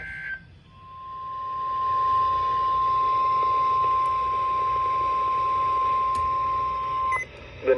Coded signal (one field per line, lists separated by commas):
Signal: Emergency Alert System (SAME) tones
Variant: 1050 Hz attention tone